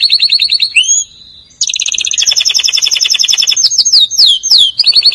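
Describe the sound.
Atlantic canary song: a bright trill, a brief pause, then sustained rapid rolls and a run of quick downslurred whistles.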